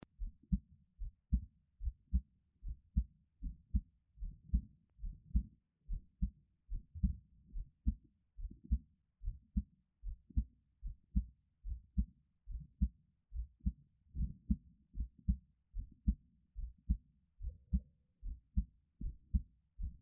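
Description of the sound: Steady, soft, low thumping heartbeat of an adult at about 73 beats a minute, heard close up, with no talking.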